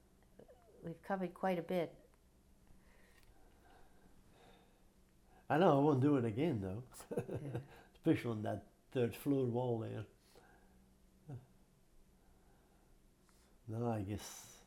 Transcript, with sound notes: — we've covered quite a bit.
I know I won't do it again though. [chuckles]
Yeah.
Especially on that third floor wall there. Well, I guess